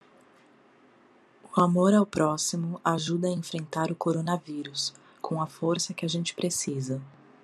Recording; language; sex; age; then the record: spoken sentence; Brazilian Portuguese; female; 30 to 39 years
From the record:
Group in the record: control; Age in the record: 32 years